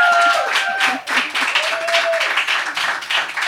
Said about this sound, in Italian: Io farei un altro giro di applausi, sei stata veramente brava.